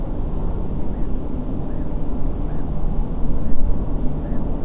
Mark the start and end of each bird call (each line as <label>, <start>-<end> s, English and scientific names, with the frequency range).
Black-headed Gull (Chroicocephalus ridibundus) (1.3-2.3 kHz), 0.91-1.06 s
Black-headed Gull (Chroicocephalus ridibundus) (1.4-2.1 kHz), 1.68-1.84 s
Black-headed Gull (Chroicocephalus ridibundus) (1.4-2.0 kHz), 2.48-2.62 s
Black-headed Gull (Chroicocephalus ridibundus) (1.4-2.1 kHz), 3.42-3.55 s
Black-headed Gull (Chroicocephalus ridibundus) (1.5-2.2 kHz), 4.25-4.38 s